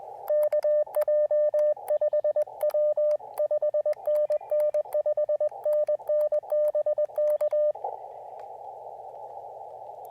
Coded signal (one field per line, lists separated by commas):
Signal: Morse code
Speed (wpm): 21 wpm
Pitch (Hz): 590 Hz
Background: radio noise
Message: KJ5W 5NN 5NN BK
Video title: Soggy POTA: Even propagation can't dampen my POTA spirit with the Elecraft KX2 and AX1 combo!